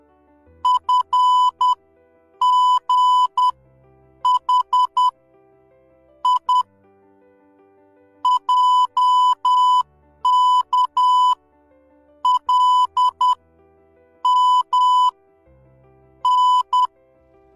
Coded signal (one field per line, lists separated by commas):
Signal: Morse code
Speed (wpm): 10 wpm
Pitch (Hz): 1000 Hz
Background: music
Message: F G H I J K L M N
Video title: Learn Morse code in one minute